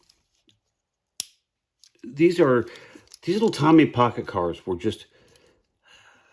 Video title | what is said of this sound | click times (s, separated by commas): Diecast Garage Sale Tray! Love them! | opening parts, and listen to the sound of the little click. | 1.2 s